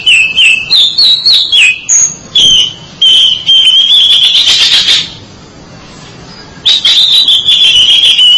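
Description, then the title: Oriental magpie-robin singing quick whistled notes that run into a long, steady note, then quiet, then a further whistled phrase. "Suara Kicauan Burung Kacer Durasi Panjang"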